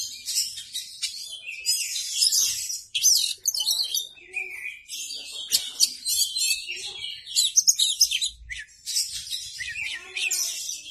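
Oriental magpie-robin in continuous song, dense mix of sharp chirps, scratchy notes and clear whistled phrases, almost without pause.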